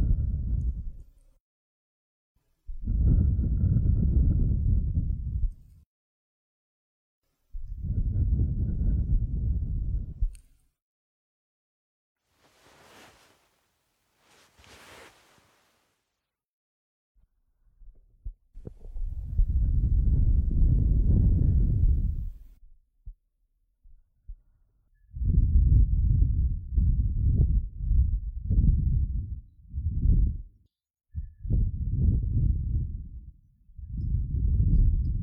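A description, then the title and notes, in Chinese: Soft ear blowing, heard as deep, muffled breaths of air: long puffs of about three seconds each, with pauses between. Around the middle come a few faint, airy hisses, then another long breath, and the last ten seconds bring quicker, shorter puffs in a choppy rhythm. 舒服的耳朵吹气。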